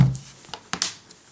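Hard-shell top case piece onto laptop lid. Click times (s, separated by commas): 0.7 s, 0.8 s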